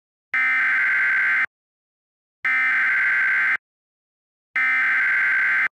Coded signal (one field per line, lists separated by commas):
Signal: Emergency Alert System (SAME) tones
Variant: header bursts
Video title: EAS Mock - Flooding in Lincoln